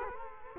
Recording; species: mosquito wingbeat signal from an infrared sensor; Culex quinquefasciatus